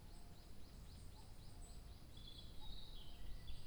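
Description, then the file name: Bird song: a rapid series of high, evenly spaced chirps, followed by louder high twittering, over low background rumble. 2 July 2023. "birdsong 20230702"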